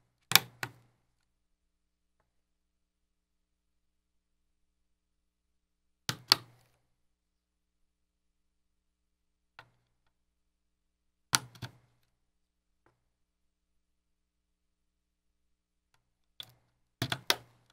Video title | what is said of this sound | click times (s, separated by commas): Gaming / Work Build - Fractal Define S / Core i5-6600K Skylake / GTX 970 | the memory in, and push down on either side. You should hear a click. | 0.3 s, 6.1 s, 6.3 s, 11.4 s, 17.1 s, 17.3 s